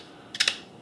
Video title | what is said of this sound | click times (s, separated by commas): Safariland QLS | and then boom it locks into place and then to get it undone you just squeeze | 0.4 s, 0.5 s